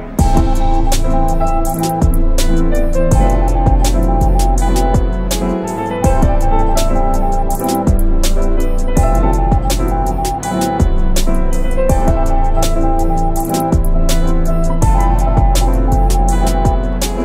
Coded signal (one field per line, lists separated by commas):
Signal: Morse code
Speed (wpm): 18 wpm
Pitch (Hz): 800 Hz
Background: music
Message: CQ CQ CQ CQ CQ CQ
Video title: Finland EAS Alarm Type Beat